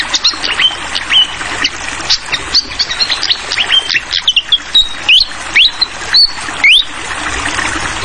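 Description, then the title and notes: Malaysian pied fantail song, quick chattering chips mixed with upslurred whistles, notes coming several per second against continuous gurgling water. Tutoring track (masteran) for training songbirds; clear-voiced song mixed with the sound of trickling water. "Masteran Sikatan Kipas Suara Jernih Dan Suara Gemericik Air. Suara Burung Sikatan Londo"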